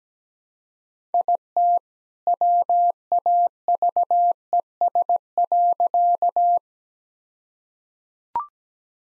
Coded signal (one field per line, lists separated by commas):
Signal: Morse code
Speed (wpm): 17 wpm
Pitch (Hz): 700 Hz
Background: none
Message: IT WAVES.